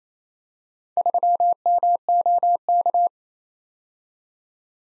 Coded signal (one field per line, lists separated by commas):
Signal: Morse code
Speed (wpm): 27 wpm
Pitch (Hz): 700 Hz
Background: none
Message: 3MOK